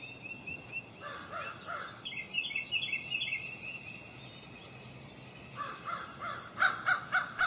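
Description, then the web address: Crows cawing: short harsh caws in bursts at the start and end, with a quieter stretch of chirping from smaller birds between and steady background hiss. "crows and other birds"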